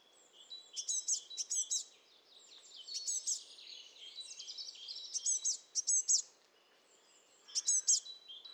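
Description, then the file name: Eurasian blue tit calling, high thin chirps and short buzzy bursts in scattered clusters over a faint background hiss. "Cyanistes caeruleus"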